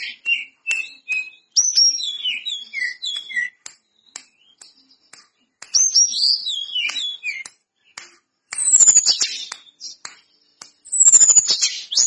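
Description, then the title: Lesser Shortwing pouring out quick, sliding high whistles and twittery jumbles in repeated bursts, broken by brief gaps and sharp ticking clicks. Singing actively (gacor). "Burung Tledekan Gacor Dor"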